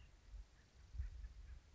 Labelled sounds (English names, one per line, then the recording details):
White-breasted Nuthatch
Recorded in Sonoma County, California